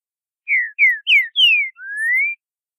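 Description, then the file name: Green-winged saltator singing one clear phrase: four quick downslurred whistles, then a drawn-out upward whistle, with no other sounds. Song style called boiadeiro. "trinca ferro boiadeiro"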